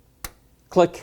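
A second memory module, lined up with the guide grooves, is pushed down into a motherboard DIMM slot with two thumbs, and a sharp click sounds at 0.3 s as the tabs latch and the module seats. Someone then talks briefly.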